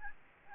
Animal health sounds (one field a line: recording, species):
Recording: mosquito wingbeat signal from an infrared sensor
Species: Aedes albopictus